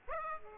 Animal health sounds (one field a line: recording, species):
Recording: mosquito wingbeat signal from an infrared sensor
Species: Aedes aegypti